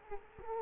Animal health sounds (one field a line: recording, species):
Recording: mosquito wingbeat signal from an infrared sensor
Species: Culex quinquefasciatus